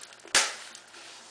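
A plastic snap stud is pressed into its socket on a cloth diaper, giving a sharp click at 0.4 s that rings briefly before a quiet background returns. The snap clicks closed and is seated.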